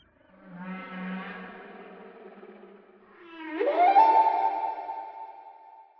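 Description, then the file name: Whale call: a long harmonic moan, then a second call sliding sharply upward and holding a steady high-pitched note. "chant des baleines"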